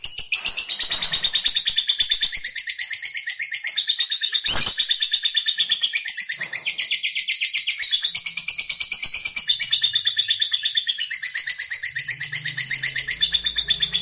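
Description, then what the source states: Lovebird in sustained, energetic song: an unbroken, fast, buzzy, rattling chatter of high notes lasting the whole fourteen seconds, with one brief clack. Fighter lovebird singing energetically (gacor).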